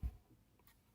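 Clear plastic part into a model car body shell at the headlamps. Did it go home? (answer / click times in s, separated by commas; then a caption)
yes / 0.7 s. A clear plastic part at the headlamps of a Revell 1/24 Corvette C7.R model is pressed down slightly with finger and thumb into the plastic body shell. A soft low thump of handling opens the clip, then a faint, short, bright click sounds at 0.7 s as the part seats into place.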